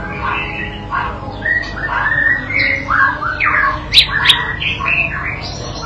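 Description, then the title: White-rumped shama song: a rambling mix of squawky and whistled phrases, varied and irregular. Masteran (training) recording used to teach and provoke a young shama (paud) to sing energetically (gacor); meant to draw an immediate reply. "MURAI BATU PAUD BELAJAR GACOR, AJARI DENGAN MASTERAN PANCINGAN INI, PANCING LANGSUNG NYAUT"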